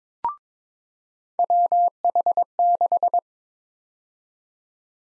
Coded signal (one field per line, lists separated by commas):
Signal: Morse code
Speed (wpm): 22 wpm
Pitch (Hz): 700 Hz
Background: none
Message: WH6